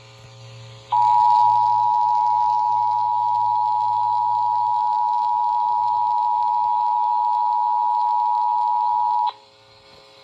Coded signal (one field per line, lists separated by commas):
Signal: Emergency Alert System (SAME) tones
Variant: 853 and 960 Hz attention tone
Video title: [EAS #48-54] RMT’s and RWT’s